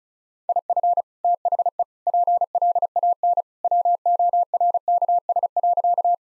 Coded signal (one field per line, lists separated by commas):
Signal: Morse code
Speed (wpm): 36 wpm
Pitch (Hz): 700 Hz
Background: none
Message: IF THE PLAN WORKS.